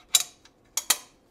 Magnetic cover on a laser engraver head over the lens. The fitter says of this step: All I have to do now is reinstall this cover, and this is magnetic, so it just snaps right